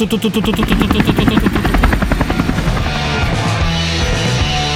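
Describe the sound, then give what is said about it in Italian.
A helicopter's rotor thumps in a fast, steady beat, loud and continuous, with a low engine drone underneath that grows smoother and less pulsing toward the end. “Dei colpi di mitraglia però sugli elicotteri, dov'è la corte dei colpi di mitraglia?”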